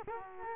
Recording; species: mosquito wingbeat signal from an infrared sensor; Culex quinquefasciatus